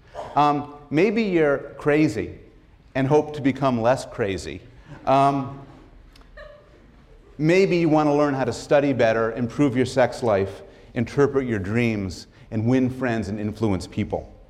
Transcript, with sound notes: Maybe you're crazy and hope to become less crazy [laugher]. Maybe you want to learn how to study better, improve your sex life, interpret your dreams, and win friends and influence people